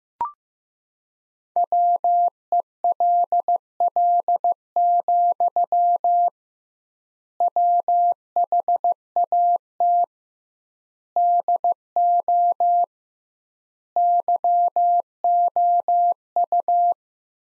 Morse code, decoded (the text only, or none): WELL, WHAT DO YOU